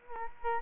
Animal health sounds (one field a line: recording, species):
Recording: mosquito wingbeat signal from an infrared sensor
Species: Culex quinquefasciatus